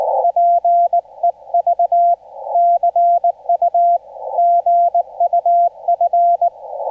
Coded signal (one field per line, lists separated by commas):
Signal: Morse code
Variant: Korean alphabet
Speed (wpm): 19 wpm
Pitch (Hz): 690 Hz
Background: none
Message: 잘 치 신